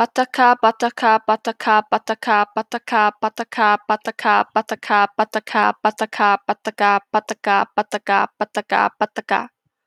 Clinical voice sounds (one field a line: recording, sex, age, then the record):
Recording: repeated syllables /pa ta ka/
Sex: female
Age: 20 to 29 years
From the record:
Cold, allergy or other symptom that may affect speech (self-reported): no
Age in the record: 20 years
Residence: South Carolina, United States